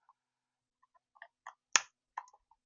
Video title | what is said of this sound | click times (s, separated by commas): How to Install the Rollins Electronic Deadbolt - Budget Friendly Lock | You can feel it lock into place. | 1.8 s